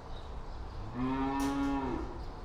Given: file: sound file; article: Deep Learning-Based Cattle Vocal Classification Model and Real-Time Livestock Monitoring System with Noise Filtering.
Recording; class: cattle; normal call